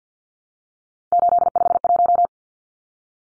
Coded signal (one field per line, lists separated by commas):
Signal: Morse code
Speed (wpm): 50 wpm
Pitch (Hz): 700 Hz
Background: none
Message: 851